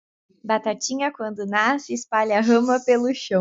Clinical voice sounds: short text; Brazilian Portuguese; female; 20 to 29 years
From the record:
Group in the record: control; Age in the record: 22 years

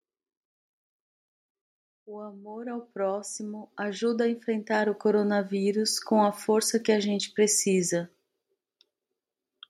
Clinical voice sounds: spoken sentence; Brazilian Portuguese; female; 40 to 49 years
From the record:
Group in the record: control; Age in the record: 49 years

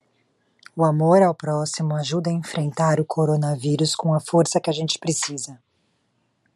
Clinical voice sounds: spoken sentence; Brazilian Portuguese; female; 40 to 49 years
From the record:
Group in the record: control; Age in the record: 43 years

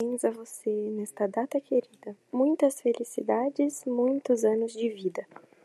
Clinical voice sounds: short text; Brazilian Portuguese; female; 18 to 19 years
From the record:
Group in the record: control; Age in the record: 19 years

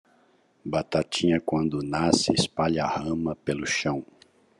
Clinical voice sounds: short text; Brazilian Portuguese; male; 50 to 59 years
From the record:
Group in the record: control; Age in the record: 51 years

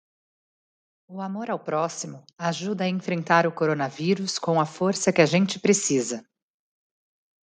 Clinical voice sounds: spoken sentence; Brazilian Portuguese; female; 30 to 39 years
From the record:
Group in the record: control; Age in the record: 35 years

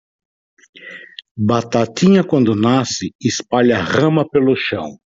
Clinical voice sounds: short text; Brazilian Portuguese; male; 60 to 69 years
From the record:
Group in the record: control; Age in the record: 63 years

